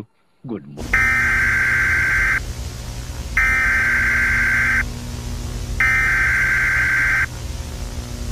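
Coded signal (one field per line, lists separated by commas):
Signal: Emergency Alert System (SAME) tones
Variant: header bursts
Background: speech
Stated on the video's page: Fictional EAS scenario inspired by analog horror.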